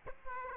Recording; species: mosquito wingbeat signal from an infrared sensor; Aedes aegypti